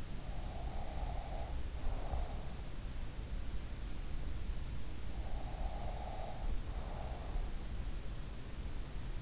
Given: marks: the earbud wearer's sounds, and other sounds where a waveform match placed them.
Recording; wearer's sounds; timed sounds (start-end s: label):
sounds in sleep by an in-ear microphone; breath
0.00-2.96 s: breath
5.21-7.77 s: breath